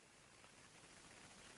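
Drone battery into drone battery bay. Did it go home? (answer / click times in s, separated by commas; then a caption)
no / none. A 2000 mAh drone battery is slid into its drone battery bay with the black connector facing up. Only a steady, broadband hiss-like noise is heard, with no distinct impacts. Nothing has latched or clicked yet.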